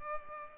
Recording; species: mosquito wingbeat signal from an infrared sensor; Culex pipiens